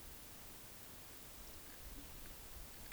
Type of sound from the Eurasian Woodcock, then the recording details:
whistle. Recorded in Baden-Württemberg, Germany, on 31 May 2021 at 20:07 UTC. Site 24606, 635 m above sea level